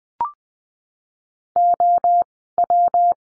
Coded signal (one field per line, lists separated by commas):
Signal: Morse code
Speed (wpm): 20 wpm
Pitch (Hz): 700 Hz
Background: none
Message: O W